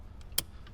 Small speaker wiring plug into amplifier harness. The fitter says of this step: make sure that clicks.